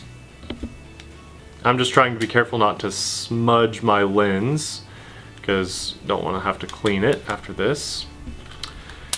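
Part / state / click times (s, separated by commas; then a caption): plastic lens front piece into FPV goggle housing / seated / 8.6 s, 9.1 s. A plastic front piece holding a magnifying lens is pressed onto a Quanum V2 PRO FPV goggle housing, its tabs laid over the frame, while someone talks. Sharp snaps at 8.6 s and 9.1 s mark the piece seating into place.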